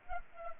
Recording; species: mosquito wingbeat signal from an infrared sensor; Culex pipiens